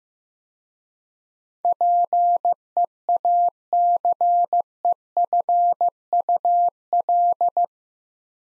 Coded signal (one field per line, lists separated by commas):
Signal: Morse code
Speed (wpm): 15 wpm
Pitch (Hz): 700 Hz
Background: none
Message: PEACEFUL